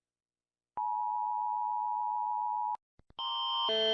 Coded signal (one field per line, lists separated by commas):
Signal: Emergency Alert System (SAME) tones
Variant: 853 and 960 Hz attention tone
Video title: Rating E.A.S alarms (emergency alert system)